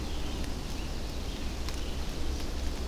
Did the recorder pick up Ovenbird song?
no